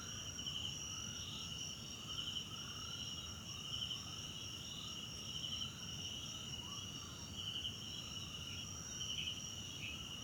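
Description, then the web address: Crickets sustain a high continuous trill, with repeated lower upward-sweeping calls scattered throughout. Background crickets at night in a wetland park at Kosi Forest Lodge, South Africa. "Tonschliff - SOUTH AFRICAN CRICKETS BG South Africa Wetland Park Kosi Forest Lodge Night"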